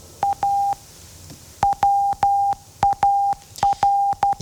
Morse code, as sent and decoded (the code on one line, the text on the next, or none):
.- / .-- .- .-.
A WAR